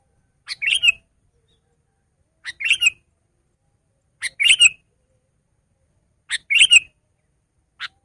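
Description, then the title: Sooty-headed bulbul song of quick bubbly two-part phrases, four repeated about every two seconds and a final short note. "kutilang"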